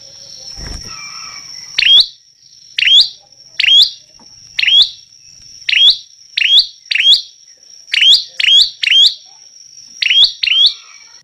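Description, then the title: Prinia chirping: about a dozen sharp rising buzzy notes, sometimes doubled or tripled, after a low thump at the start; a constant high whine runs throughout. Persistent, loud singing (gacor) meant as a tutoring track (masteran) for teaching songbirds. "Prenjak Lancur Gacor Untuk Masteran"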